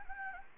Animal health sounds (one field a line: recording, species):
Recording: mosquito wingbeat signal from an infrared sensor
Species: Anopheles gambiae